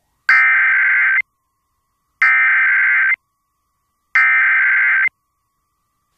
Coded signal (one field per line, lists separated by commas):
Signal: Emergency Alert System (SAME) tones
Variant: header bursts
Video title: 911 Telephone Outage Emergency (12/14/22)(EAS 1303)